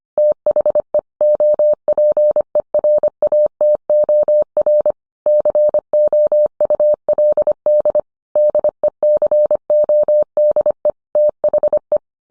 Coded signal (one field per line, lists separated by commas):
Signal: Morse code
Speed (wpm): 25 wpm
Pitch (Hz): 600 Hz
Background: none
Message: THE OPERATOR COULD DECODE THE